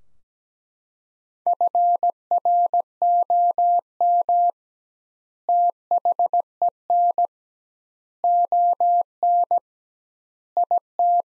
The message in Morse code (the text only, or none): FROM THEN ON IT